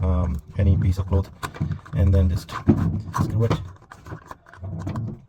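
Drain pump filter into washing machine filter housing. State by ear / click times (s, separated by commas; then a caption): seated / 3.9 s, 4.3 s, 4.5 s, 4.8 s, 5.0 s. Someone talks while the plastic drain pump filter of a Samsung front-loading washing machine is screwed back into its filter housing by hand. Clicks are heard at 3.9, 4.3, 4.5, 4.5, 4.8 and 5.0 seconds as it is screwed home, and the filter is seated.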